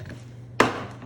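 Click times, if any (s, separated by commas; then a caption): 0.6 s. A plastic water tank is unlatched and popped out of the front of a floor cleaning machine. One sharp, loud plastic hit sounds at 0.6 s as the tank releases, over a steady low hum.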